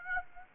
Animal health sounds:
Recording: mosquito wingbeat signal from an infrared sensor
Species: Aedes aegypti

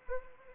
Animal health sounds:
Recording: mosquito wingbeat signal from an infrared sensor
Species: Anopheles arabiensis

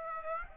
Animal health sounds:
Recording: mosquito wingbeat signal from an infrared sensor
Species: Aedes aegypti

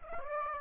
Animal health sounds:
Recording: mosquito wingbeat signal from an infrared sensor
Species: Aedes aegypti

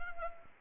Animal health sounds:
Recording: mosquito wingbeat signal from an infrared sensor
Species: Anopheles arabiensis

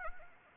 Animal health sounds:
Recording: mosquito wingbeat signal from an infrared sensor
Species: Anopheles arabiensis

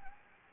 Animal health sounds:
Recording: mosquito wingbeat signal from an infrared sensor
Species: Anopheles gambiae

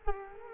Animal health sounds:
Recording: mosquito wingbeat signal from an infrared sensor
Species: Culex quinquefasciatus

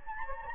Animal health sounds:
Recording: mosquito wingbeat signal from an infrared sensor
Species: Anopheles gambiae

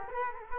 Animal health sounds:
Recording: mosquito wingbeat signal from an infrared sensor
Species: Culex quinquefasciatus

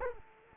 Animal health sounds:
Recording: mosquito wingbeat signal from an infrared sensor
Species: Culex quinquefasciatus

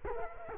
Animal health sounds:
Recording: mosquito wingbeat signal from an infrared sensor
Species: Culex quinquefasciatus

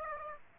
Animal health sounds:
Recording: mosquito wingbeat signal from an infrared sensor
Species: Aedes aegypti

